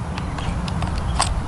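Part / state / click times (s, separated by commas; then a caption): battery into compact camera battery compartment / seated / 1.2 s. A lithium battery is pushed into a compact camera's battery compartment, with a few light taps and clicks over a low background rumble. The battery clips into place with a small click at 1.2 s and is seated.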